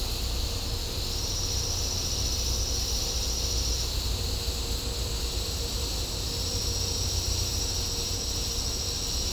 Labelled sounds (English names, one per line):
none